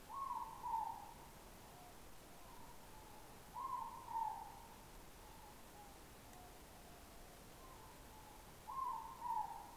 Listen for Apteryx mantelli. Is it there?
no